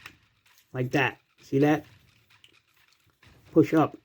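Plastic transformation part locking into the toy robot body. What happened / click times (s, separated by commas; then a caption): The plastic part is being handled but has not clicked into place yet / none. A plastic transformation part on a Transformers Bumblebee Cyberverse Adventures Sludge toy robot figure is handled and pushed upward while someone talks, with a few faint plastic ticks between the phrases. Nothing has seated or clicked into place yet.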